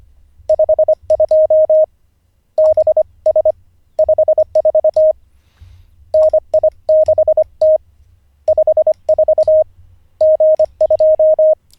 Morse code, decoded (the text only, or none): 52 BS 54 NI6T 54 G2